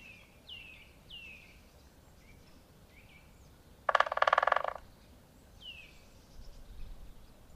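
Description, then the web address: Great spotted woodpecker drumming: a single fast, evenly spaced roll lasting under a second, surrounded by repeated falling whistles from other birds and quiet outdoor noise. "agykontroll Madardalok Cd 2. Nagy fakopáncs"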